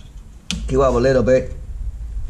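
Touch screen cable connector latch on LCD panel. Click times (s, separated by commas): 0.5 s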